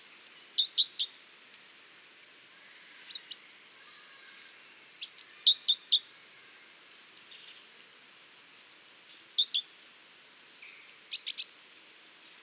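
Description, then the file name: Great tit calls: short clusters of sharp high notes, a thin top note over lower paired notes, repeated with gaps. "Parus major"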